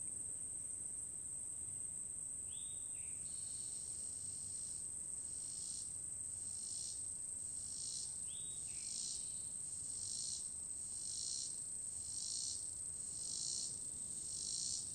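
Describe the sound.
Cricket chirping with a steady high-pitched trill, overlaid by pulsed chirps repeating roughly every second from the fifth second onward, plus two brief bird-like notes, near the third and ninth seconds.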